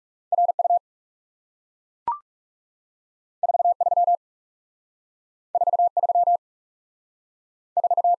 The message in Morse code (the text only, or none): R U 4 3 4 3 4